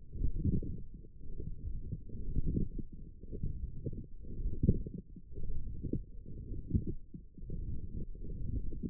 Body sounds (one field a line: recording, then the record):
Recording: forearm muscle sounds (acoustic myography)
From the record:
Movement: forearm pronation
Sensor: system 1, eight BSWA MPA416 microphones around the upper forearm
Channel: 1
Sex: male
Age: 23 years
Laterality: right